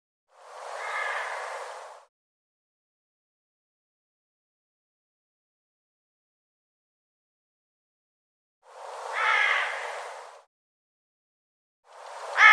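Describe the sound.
Bird calls, coarse and harmonic, each lasting over a second; one at the start, another after a long silent gap near nine seconds, and a third beginning at the end.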